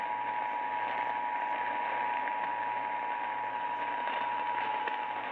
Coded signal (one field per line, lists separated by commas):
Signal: Emergency Alert System (SAME) tones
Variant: 853 and 960 Hz attention tone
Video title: Mother Nature Taking April Fools Too Seriously... | EAS #134-159 (Weather Alerts from 3/31-4/1/2023)